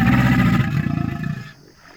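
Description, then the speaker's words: American alligator low rumbling growl, deep and pulsing, fading away after about a second and a half. "Crocodiles and their relatives, like this American alligator."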